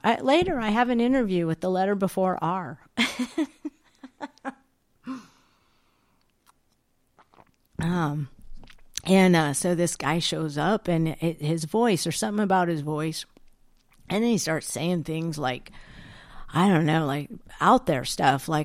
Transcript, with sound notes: later I have an interview with the letter before R.
(laughs) Um, and, uh, so this guy shows up and i- his voice, there's something about his voice and he starts saying things like, I don't know, like out there stuff,